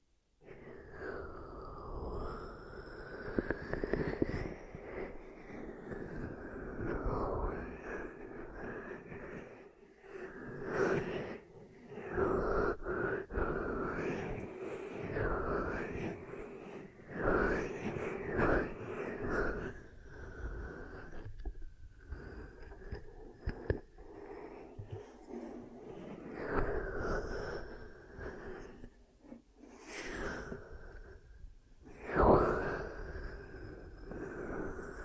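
Ear cupping sounds fill the half minute: muffled, hollow rustling and rubbing that swells and fades in uneven waves. A steady mid-toned hum sits underneath, broken by short sharp taps and crackles, with near-silent pauses around 11, 21 and 29 seconds.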